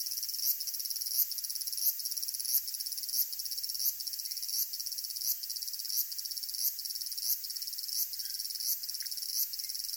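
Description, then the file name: Cicadas in a dense, high buzzing chorus, with a sharper pulsed accent repeating roughly every two-thirds of a second over a continuous shrill drone. Cicadas recorded in Tokyo in summer. "INSECT CICADAS TOKYO SUMMER"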